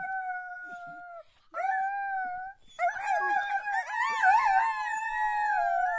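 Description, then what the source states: Dog giving steady whines broken by short gaps, then a longer wavering howl-like whine. Dog begging.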